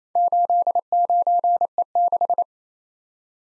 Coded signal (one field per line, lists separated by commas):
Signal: Morse code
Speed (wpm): 27 wpm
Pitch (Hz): 700 Hz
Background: none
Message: 89E6